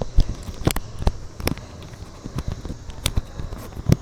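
A DJI Action 4 small action camera is being refit onto a wearable neck mount while walking, with several sharp fumbling knocks around 0.7, 1.5 and 3.1 seconds over soft rustling and handling noise. Nothing has seated or clicked yet; the camera is not home on the mount.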